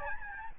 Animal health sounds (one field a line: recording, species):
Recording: mosquito wingbeat signal from an infrared sensor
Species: Aedes albopictus